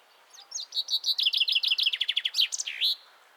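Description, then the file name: Common chaffinch song: a quick series of bright trilled notes dropping in pitch, finished with a short flourish at the end. "Fringilla coelebs"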